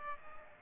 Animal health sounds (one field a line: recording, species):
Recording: mosquito wingbeat signal from an infrared sensor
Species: Aedes aegypti